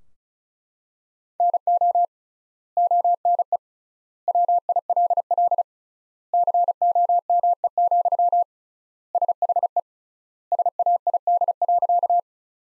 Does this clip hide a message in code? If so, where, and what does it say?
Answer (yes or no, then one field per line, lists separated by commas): yes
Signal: Morse code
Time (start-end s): 1.4-12.2 s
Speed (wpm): 36 wpm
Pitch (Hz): 700 Hz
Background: none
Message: NO ONE WILL COME, SHE SAID.